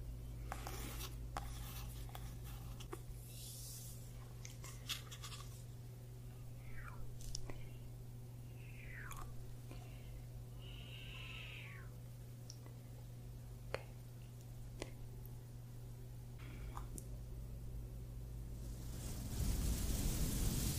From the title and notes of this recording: ASMR Scalp Massage of Dreams.